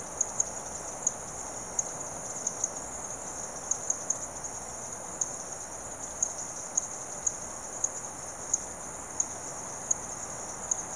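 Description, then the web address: Insects calling together in a constant shrill, high buzz, broken by scattered sharp clicks at irregular intervals, with low background hiss. Insects calling in the late evening in rural South America. "The BBC Sound Effects Library. Frogs And Insects, Late Evening"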